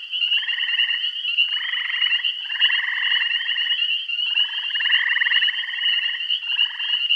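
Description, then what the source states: Rasping pulsed frog trills in a chorus, bursts overlapping in quick succession, with a continuous thin high drone throughout. Bath County.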